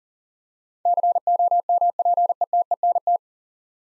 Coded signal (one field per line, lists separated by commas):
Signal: Morse code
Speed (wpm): 43 wpm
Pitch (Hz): 700 Hz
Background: none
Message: COMPETENT